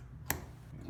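A standard baffle is slid onto the baffle stack of a rimfire suppressor and seats as its key drops into the slot of the baffle below. A single sharp, bright click is heard at 0.3 s over a quiet low background hum. The baffle is keyed into place.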